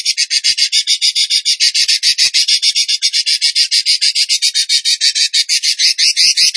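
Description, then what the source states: Bird song: a harsh, buzzy, rapidly pulsing trill held steadily for several seconds, high and rasping throughout. Training recording (masteran) for teaching cage birds, in the rapid-fire tembakan gacor song style.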